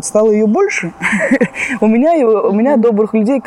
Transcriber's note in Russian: Смеется